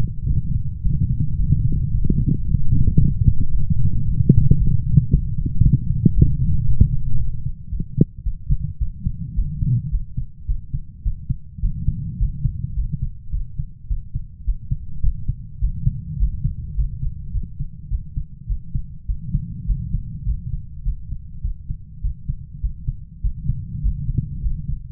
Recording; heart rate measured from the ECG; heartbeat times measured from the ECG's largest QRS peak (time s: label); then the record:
heart sounds by stethoscope; 107 bpm
0.29 s: heartbeat
0.84 s: heartbeat
1.39 s: heartbeat
1.93 s: heartbeat
2.47 s: heartbeat
3.01 s: heartbeat
3.54 s: heartbeat
4.07 s: heartbeat
4.60 s: heartbeat
5.13 s: heartbeat
5.65 s: heartbeat
6.16 s: heartbeat
6.68 s: heartbeat
7.20 s: heartbeat
7.73 s: heartbeat
8.26 s: heartbeat
8.81 s: heartbeat
9.37 s: heartbeat
9.93 s: heartbeat
10.49 s: heartbeat
11.06 s: heartbeat
11.64 s: heartbeat
12.21 s: heartbeat
12.77 s: heartbeat
13.34 s: heartbeat
13.90 s: heartbeat
14.47 s: heartbeat
15.05 s: heartbeat
15.62 s: heartbeat
16.20 s: heartbeat
16.77 s: heartbeat
17.35 s: heartbeat
17.92 s: heartbeat
18.50 s: heartbeat
19.09 s: heartbeat
19.69 s: heartbeat
20.27 s: heartbeat
20.86 s: heartbeat
21.45 s: heartbeat
22.04 s: heartbeat
22.64 s: heartbeat
23.24 s: heartbeat
23.84 s: heartbeat
24.44 s: heartbeat
From the record:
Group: healthy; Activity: light exercise 0-7 s, rest 7-25 s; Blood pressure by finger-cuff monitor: 166/77 mmHg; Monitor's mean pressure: 99 mmHg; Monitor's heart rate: 107 bpm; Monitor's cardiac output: 9.5 L/min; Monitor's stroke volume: 90 mL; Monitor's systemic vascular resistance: 790 dyn s/cm5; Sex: male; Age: 21 years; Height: 175 cm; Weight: 72.6 kg